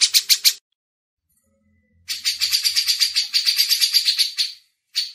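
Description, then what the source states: Grey-cheeked Bulbul giving rapid, harsh, buzzy chattering notes in bursts separated by short silences. Cucak jenggot song used for masteran training.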